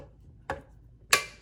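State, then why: Torque reached. A torque wrench tightens another scope ring screw while mounting a scope to a rifle, reaching its inch-pound setting. A softer tick sounds at 0.5 s, then the wrench gives a sharp, bright click at 1.1 s that rings out briefly. The screw is confirmed torqued.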